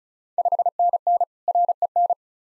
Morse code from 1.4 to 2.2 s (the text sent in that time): REN